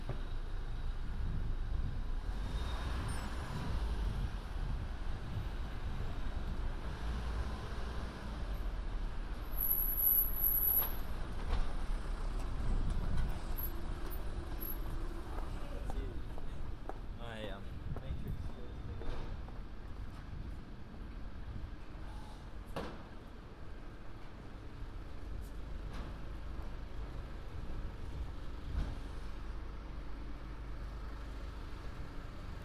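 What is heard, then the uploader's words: A London street on New Year's Eve: a steady low traffic rumble with passing vehicles, faint voices, and brief sharp clicks and tones. A walk around London, new years eve.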